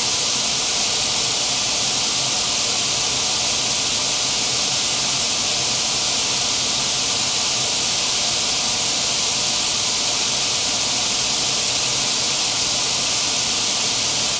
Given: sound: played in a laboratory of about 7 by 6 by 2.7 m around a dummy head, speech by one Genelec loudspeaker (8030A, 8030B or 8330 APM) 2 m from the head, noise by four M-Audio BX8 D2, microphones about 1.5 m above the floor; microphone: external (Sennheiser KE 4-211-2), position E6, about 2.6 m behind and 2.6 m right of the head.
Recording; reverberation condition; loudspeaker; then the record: white noise; medium; four, about 170 cm from the corners of the room and facing them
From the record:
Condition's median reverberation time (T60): about 510 ms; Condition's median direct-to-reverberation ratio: about -0.5 dB